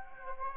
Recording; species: mosquito wingbeat signal from an infrared sensor; Anopheles gambiae